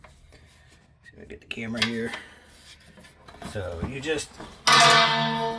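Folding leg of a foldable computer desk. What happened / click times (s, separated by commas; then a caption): The folding metal leg is being handled but has not locked yet / none. Someone talks while handling a folding metal leg of a foldable wooden computer desk, unfolding it toward its locked-open position, with soft handling noises and a louder, bright burst of sound near the end. The clip ends before the leg snaps into place; nothing has seated or clicked yet.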